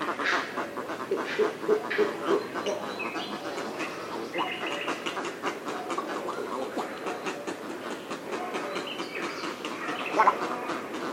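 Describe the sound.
Little egret producing rapid gargling and chuckling, many short rough notes in quick succession, with a louder croak near the end.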